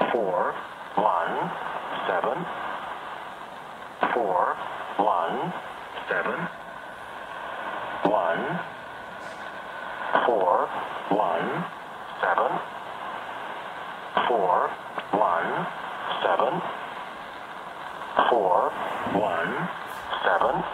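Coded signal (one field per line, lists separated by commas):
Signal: numbers station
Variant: E07 English Man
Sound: a male voice reading single English digits at an even pace through radio static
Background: radio static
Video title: Number Station "E07 English Man" from Moscow - strong and clear signal at 13417 kHz - SWL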